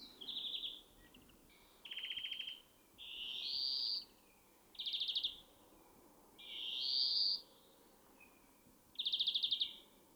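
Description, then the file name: European greenfinch alternating rapid buzzy trills with long rising nasal wheezes, about six phrases in ten seconds, with low background hiss. "Chloris chloris"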